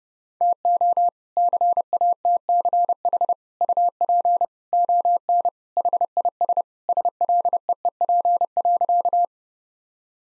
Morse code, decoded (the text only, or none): TO CATCH UP ON HIS SLEEP.